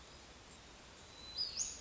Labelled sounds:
Western Flycatcher
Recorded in Sonoma County, California

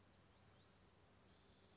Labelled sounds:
Western Flycatcher
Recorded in Sonoma County, California

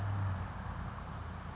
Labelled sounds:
California Towhee
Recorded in Sonoma County, California

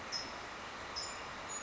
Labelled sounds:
California Towhee
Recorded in Sonoma County, California

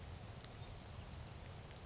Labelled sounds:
Grasshopper Sparrow
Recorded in Sonoma County, California

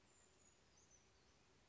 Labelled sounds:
Brown Creeper
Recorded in Sonoma County, California

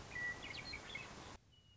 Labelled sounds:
Western Meadowlark
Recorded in Sonoma County, California

